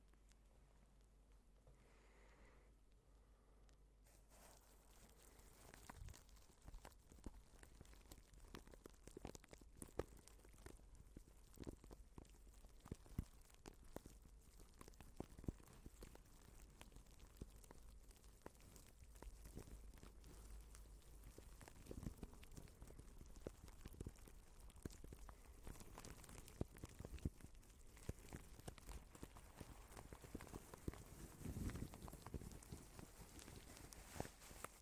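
Soft crinkling of plastic wrap, quiet for the first few seconds, then a dense, steady stream of small crackles and rustles from about five seconds on. The crinkles come irregularly, with brief louder bursts scattered throughout and a slightly busier stretch near thirty seconds.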